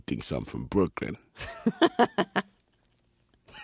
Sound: soundbite of laughter

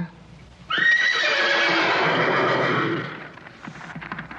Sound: soundbite of whinny horses

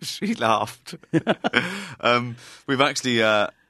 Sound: soundbite of laughter

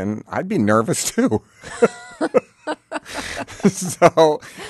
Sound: soundbite of laughter

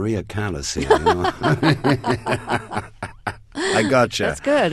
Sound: soundbite of laughter

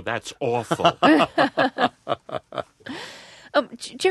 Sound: soundbite of laughter

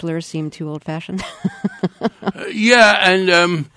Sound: laughter

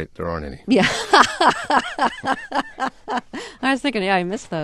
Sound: soundbite of laughter

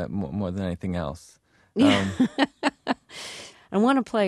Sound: soundbite of laughter

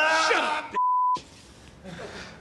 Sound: beep

